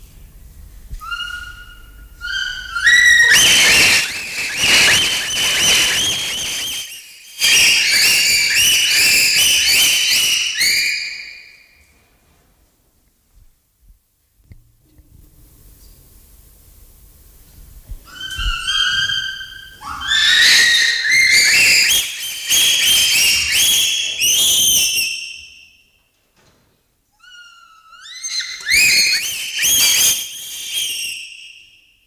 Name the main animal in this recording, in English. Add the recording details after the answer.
Bonobo. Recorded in captivity. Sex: group. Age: adult. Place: Zoo Leipzig, Sachsen, DE. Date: 1995-10-26 11:38. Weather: partly sunny, 6-10°C. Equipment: Sony WM-D6C, Sennheiser ME 80, Kopie Uher 4000 Report Monitor. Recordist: Tembrock, Günter